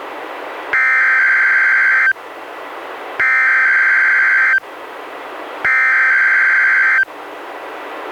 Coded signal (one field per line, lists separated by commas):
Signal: Emergency Alert System (SAME) tones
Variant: header bursts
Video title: EAS #77-79: 3 NWR Required Weekly Tests- Sep. 30-Oct. 14, 2015